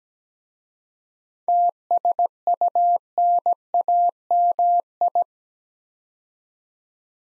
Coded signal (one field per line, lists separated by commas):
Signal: Morse code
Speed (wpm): 17 wpm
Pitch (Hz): 700 Hz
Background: none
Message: TSUNAMI